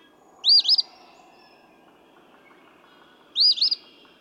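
Eastern phoebe song, a quick rough fee-bee uttered twice about three seconds apart, with soft rhythmic ticking behind.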